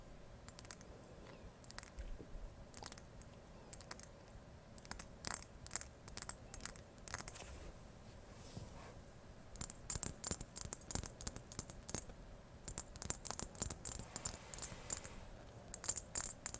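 Ear to ear tapping and scratching, made of quick, sharp clicks that come in irregular bursts, sometimes single taps and sometimes fast clusters. A thin, bright ringing runs faintly through the louder stretches, with a soft low rumble beneath throughout.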